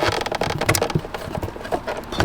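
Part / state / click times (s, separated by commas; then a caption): display cable connector into car head unit / seated / 0.7 s. A display cable connector is pushed into its socket on the head unit behind the removed screen of a McLaren 570S during a Motive Supplies Apple CarPlay install. Short handling knocks and rustles lead into a sharp click at 0.7 s as the connector seats, followed by more light handling noise. The connector is confirmed clicked in.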